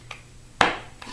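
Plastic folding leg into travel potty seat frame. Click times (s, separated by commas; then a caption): 0.6 s. A plastic folding leg of a Potette Plus travel potty is pushed into the seat frame and snaps, locking into place at 0.6 s. Fainter taps come at about 0.1 s and 1.0 s, and the leg is seated.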